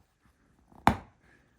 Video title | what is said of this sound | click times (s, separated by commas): ep032 RC10CC Build | They were still using those when I was putting together my RC10T back in the day, and it really brought back memories to hear that really satisfying snap | 0.9 s